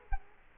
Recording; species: mosquito wingbeat signal from an infrared sensor; Culex quinquefasciatus